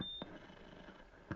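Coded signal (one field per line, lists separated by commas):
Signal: roger beep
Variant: CB radio, Synchron mic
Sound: one short high beep, then a squelch crash, hiss, and another burst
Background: radio static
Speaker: Yeah, that's in that Synchron mic. It's got the Roger beep in there, and the compressor, and the echo, and the VU meter.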